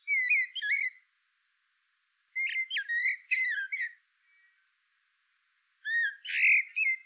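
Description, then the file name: Common blackbird song in three phrases, fluty slurred whistles mixed with high thin squeaks and twitters, separated by brief pauses. "Turdus merula"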